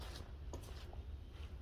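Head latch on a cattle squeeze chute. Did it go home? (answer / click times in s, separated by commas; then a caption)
yes / 0.5 s. A metal head latch on an Arrowquip Q-Catch 54 Series cattle squeeze chute is worked and locks into place. A sharp metallic click lands at 0.5 s against a low, steady rumble, with a fainter tick at 0.9 s. The latch is seated.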